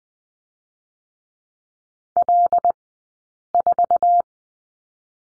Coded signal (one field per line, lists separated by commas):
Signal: Morse code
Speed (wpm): 20 wpm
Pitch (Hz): 700 Hz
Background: none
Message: L4